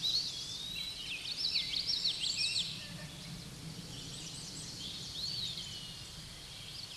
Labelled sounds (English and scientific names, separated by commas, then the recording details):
Common Yellowthroat (Geothlypis trichas) song
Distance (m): 20 m
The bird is about 5 m above the microphone
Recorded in a Pennsylvania forest on 16 May 2024 at 06:51
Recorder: AudioMoth, point MSD-0215
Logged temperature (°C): 16.1 °C
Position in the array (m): 55 m, 141 m